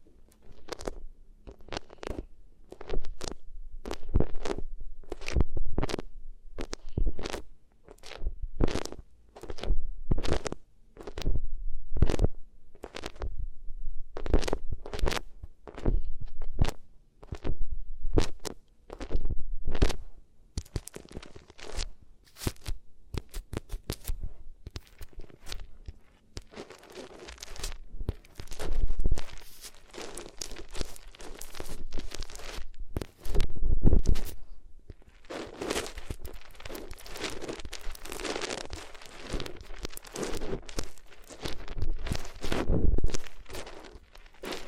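Ears rubbed against different materials make rapid, rhythmic scratchy swishes, regular strokes early, then denser rustling and crunchy friction in the second half.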